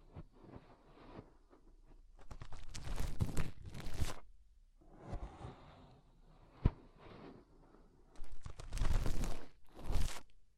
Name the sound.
Inner Ear Cleaning Using Fingers